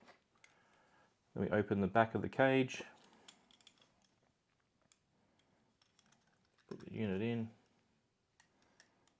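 Someone talks while handling a camera cage or housing, opening its back cover to put the unit inside, with faint clicks and handling taps between the words. The back cover has not yet closed over the unit, and nothing has seated or clicked yet.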